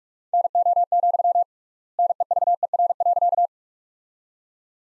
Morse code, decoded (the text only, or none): NO, NEVER.